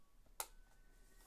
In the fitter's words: you can hear those two clicks that means that the cover's on it's good to go